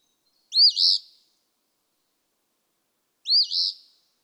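Eastern phoebe giving two hoarse fee-bee phrases nearly three seconds apart, each a sharp note followed by a burry drop, nothing else heard.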